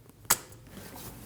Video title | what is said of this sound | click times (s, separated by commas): How to Replace O2 Oxygen Sensor 2012-2021 Nissan NV2500 5.6L V8 | Wait for the click, | 0.3 s